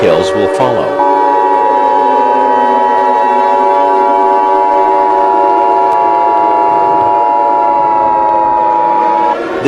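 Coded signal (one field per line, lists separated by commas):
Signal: Emergency Alert System (SAME) tones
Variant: 853 and 960 Hz attention tone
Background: speech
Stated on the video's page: Simulated end-of-the-world emergency alert scenario.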